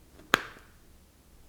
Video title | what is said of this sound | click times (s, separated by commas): Crimpar Conector MC4 y consideraciones en instalaciones fotovoltaicas | tenemos que presionar hasta que haga clic ya | 0.3 s